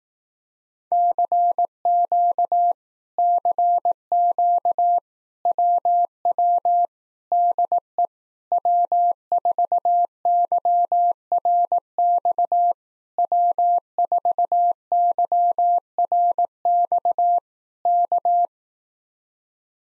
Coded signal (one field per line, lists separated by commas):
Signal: Morse code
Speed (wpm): 18 wpm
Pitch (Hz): 700 Hz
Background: none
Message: CQ CQ WW DE W4YRX W4YRX K